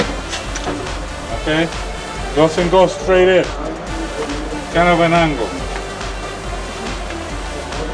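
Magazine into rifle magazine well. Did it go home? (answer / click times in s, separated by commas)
no / none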